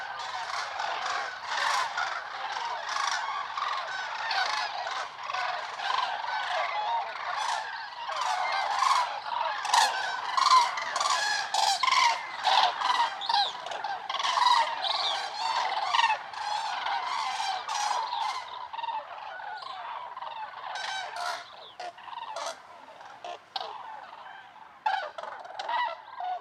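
Common cranes call in a dense, overlapping chorus of bright trumpeting cries, steady for twenty seconds before thinning to scattered calls near the end.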